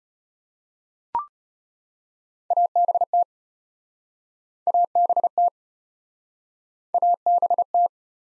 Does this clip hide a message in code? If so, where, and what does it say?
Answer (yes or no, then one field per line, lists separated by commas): yes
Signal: Morse code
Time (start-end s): 2.5-7.9 s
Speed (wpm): 34 wpm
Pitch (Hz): 700 Hz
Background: none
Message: ABT ABT ABT